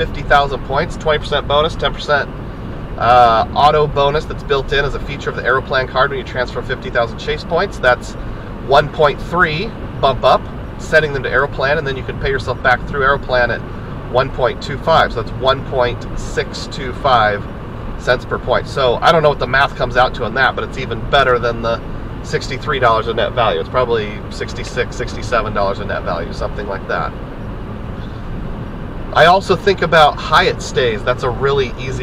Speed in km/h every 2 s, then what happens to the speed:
89, 87, 85, 85, 87, 89, 85, 89, 90, 87, 89, 90, 93, 92, 90, 92.
0-32 steady at about 89.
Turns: none.